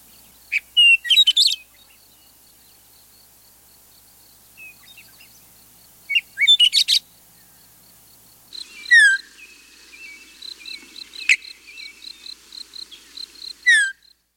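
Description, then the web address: Western meadowlark giving two brief bubbling, whistled song phrases, then a longer run of rapid, repeated notes with sharp descending slurs. "Birds of the Chicago Region. Western Meadowlark"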